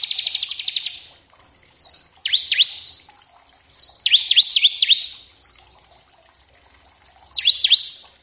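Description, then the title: Bar-winged prinia song: a fast buzzy trill, then groups of high, steeply falling whistled notes with short gaps between them. Lure and training recording to make birds sing, featuring a lively ciblek singing in a varied 'ngebren' style. "Masteran Ciblek Gacor Vs Kenari Gacor Untuk Masteran Semua Jenis Burung. Ciblek ngebren variasi masteran & pancingan ciblek. Burung Ciblek"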